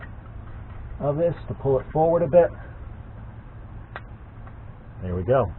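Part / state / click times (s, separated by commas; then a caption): steel snap ring into axle hub groove / not seated / none. A steel snap ring is pried forward with pliers toward the groove of a front Dana 44 axle wheel hub while someone talks, with a brief sharp tick near 4.0 s over low background noise. Nothing has seated or clicked into the groove yet.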